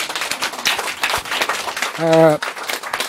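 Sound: audience applause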